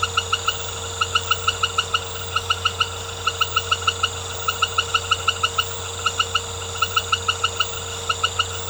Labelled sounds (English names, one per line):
none